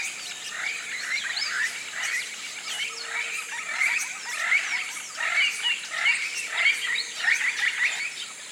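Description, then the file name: Birds calling in a dense chorus of chirpy notes in repeated bursts, under a steady high insect hum. Tropical rainforest at morning, flocks of birds rousing in the canopy. "articulated TROPICAL Rainforest morning rousing flocks of birds"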